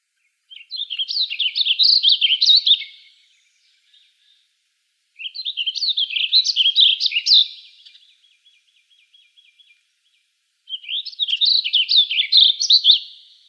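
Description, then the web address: Warbling vireo singing three separate rich warbled phrases, each about two to three seconds of quick slurred notes, separated by pauses with faint ticking between them. Recorded in Arizona; date given as 05/16/06. "Shrikes Vireos AZFO WAVI 051606. deviche"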